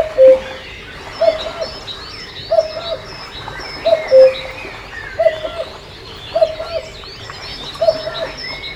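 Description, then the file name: Cuckoo repeating two-note calls, about seven in a row, over a chatter of small songbirds. At a lake. "cuckoo at the lake"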